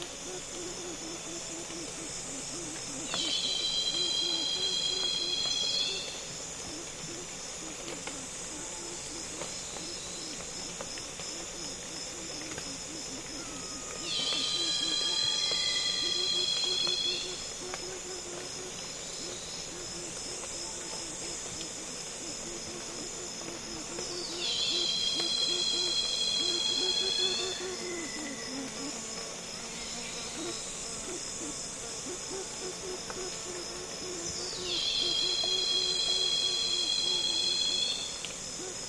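Loud cicadas call in the Congo basin rainforest in the afternoon, their shrill pulsing bursts rising about every ten seconds and holding for roughly three seconds each. Between bursts a steady bed of other insects hums and buzzes, with occasional buzzing passes up close.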